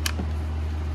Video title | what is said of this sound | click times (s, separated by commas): 2006-2010 Ford Explorer Master Window Switch Replacement | clipped and locked in place okay | 0.1 s